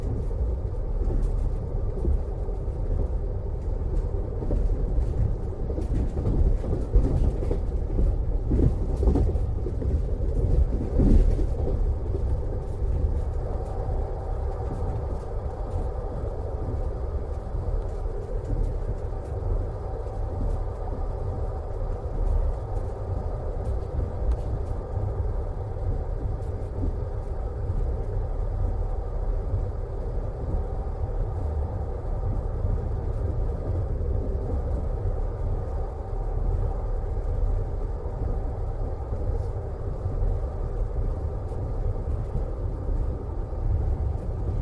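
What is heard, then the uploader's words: A night train carriage rumbles steadily with low, dense noise and faint rhythmic pulsing from the tracks, with brief clicks and rattles around ten seconds. Train Ride Sound. The perfect background white noise and rhythmic pulsing of the tracks with the delicate sounds of an night train carriage.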